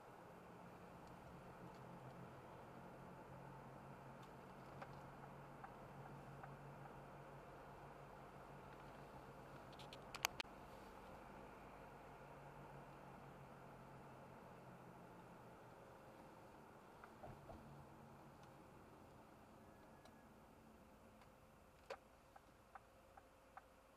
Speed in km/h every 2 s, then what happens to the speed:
48, 52, 53, 52, 53, 52, 49, 42, 37, 27, 14, 5.
0-11 steady at about 52. 11-24 brakes to 5.